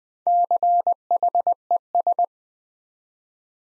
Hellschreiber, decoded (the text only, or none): none